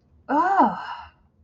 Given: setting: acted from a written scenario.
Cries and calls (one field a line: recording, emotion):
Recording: vocal sound without words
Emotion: negative surprise